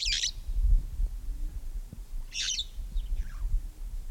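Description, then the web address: Red-fronted parrot calls: three brief, harsh shrieks spaced about two seconds apart over steady low rumbling noise. "parrots poicephalus-gulielmi"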